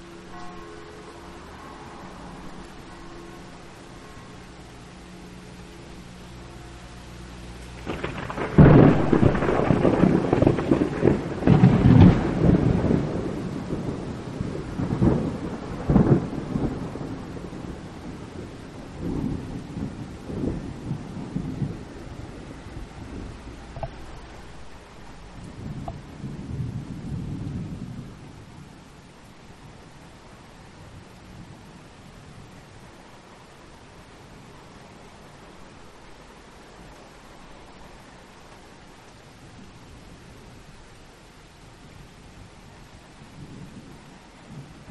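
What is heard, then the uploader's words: A thunderclap breaks at about eight seconds and rolls on in heavy, low rumbles through the next several seconds, then fades in uneven waves with a last swell near twenty-seven seconds. Before and after, a quiet steady hush of rain fills the background. The sound of thunderstorms. The sounds of a calm thunderstorm. The sound of rain.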